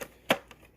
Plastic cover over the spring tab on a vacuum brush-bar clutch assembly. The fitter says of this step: i pushed a little bit look at that clicked right into place